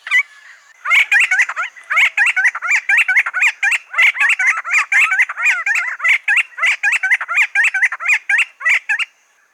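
Silver-crowned friarbird, a short note, then fast harsh cackling calls repeated about four times a second in a long, steady, raspy burst.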